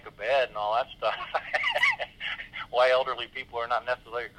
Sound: laughs